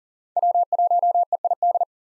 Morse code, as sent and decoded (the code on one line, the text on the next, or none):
.-- .---- . .. -..
W1EID